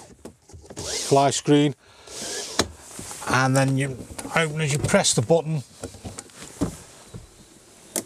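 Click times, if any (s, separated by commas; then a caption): 8.0 s. A motorhome opening window's button is pressed and the window is pushed outward, while someone talks over soft handling noises. The window stay latch in the frame clicks into its first open setting at 8.0 seconds.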